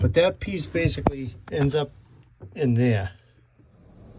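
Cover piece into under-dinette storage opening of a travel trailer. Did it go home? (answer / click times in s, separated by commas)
no / none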